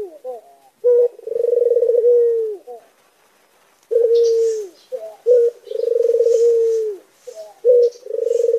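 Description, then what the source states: Barbary dove coos in pairs of short notes and long purring rolls, pausing once before resuming, with faint high twittering in the background. Masteran of a white Barbary dove, used for teaching songbirds.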